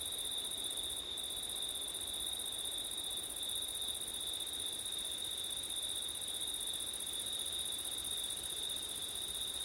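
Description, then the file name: Cricket: steady high chirring at two bright sustained pitches, the higher one breaking briefly once. Crickets at night in September, with wind; ORTF stereo recording. "crickets wind september night ortif"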